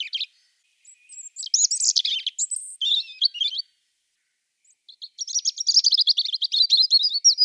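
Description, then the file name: European robin singing high, thin warbled phrases with sliding whistles and fast trills, broken by a pause of over a second before a rapid twittering phrase. "Erithacus rubecula"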